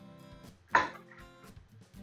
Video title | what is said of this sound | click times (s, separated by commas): Hafod Tips: Changing your Bathroom Bulb | With your new bulb - just push it up until you hear the click and then it's in. | 0.8 s